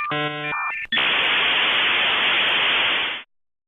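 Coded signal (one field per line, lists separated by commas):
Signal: dial-up modem handshake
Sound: short buzzy tones, a brief high tone, then loud steady hiss cut off abruptly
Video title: Internet Dial Up Sound Effect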